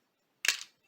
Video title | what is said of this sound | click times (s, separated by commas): Transformers Animated Voyager Optimus Prime Review | you just click them into place | 0.5 s